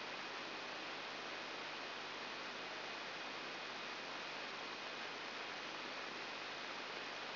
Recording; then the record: brain microelectrode recording played as sound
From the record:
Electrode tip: outside the subthalamic nucleus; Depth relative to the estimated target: -2 mm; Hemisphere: left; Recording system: AlphaMap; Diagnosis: Parkinson's disease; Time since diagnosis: 14 years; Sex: female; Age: 63 years